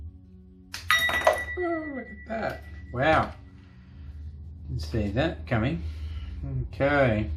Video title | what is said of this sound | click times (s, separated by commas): Wahl Trimmer Battery Replacement | put one in the other side, and you'll hear the clicks as the clips come undone. | 0.7 s, 0.9 s